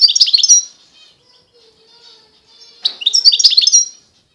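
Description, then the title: European goldfinch song: two bursts of bright, high twittering notes with liquid trills, separated by about two seconds of near silence. Wild bird. "اجمل غناءالحسون الخلويchant chardonneret sauvage"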